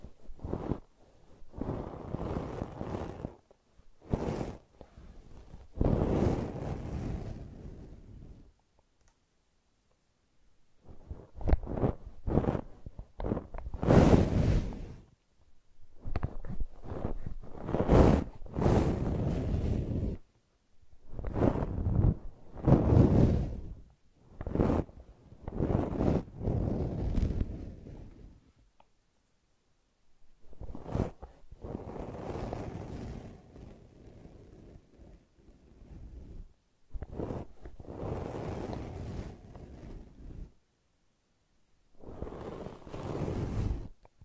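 Brushing and scratching in irregular bursts of rough, rustling strokes, some lasting a few seconds, separated by brief silent pauses throughout.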